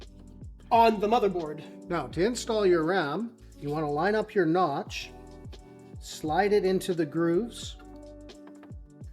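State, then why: Not seated. A RAM module is lined up by its notch and slid into the grooves of a motherboard DIMM slot, with only quiet handling sounds while someone talks over background music. It has not yet been pressed home, and nothing has clicked or seated.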